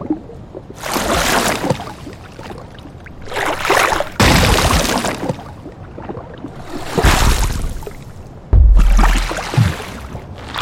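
Designed water sounds: a series of wet, squishy gurgles and splashes swell and fade in bursts, roughly every two seconds. Sharper hits land near four seconds and again around eight and a half, each with a heavy low thump under the splash.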